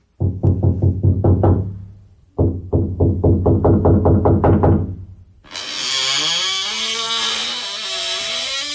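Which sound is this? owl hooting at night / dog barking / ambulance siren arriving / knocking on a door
knocking on a door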